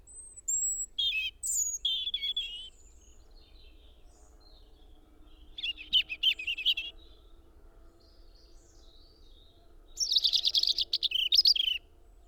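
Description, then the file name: European robin song: three separate bursts of thin, high, rapidly varied whistles and twitters, each roughly two seconds long, with quiet pauses between them. "Erithacus rubecula"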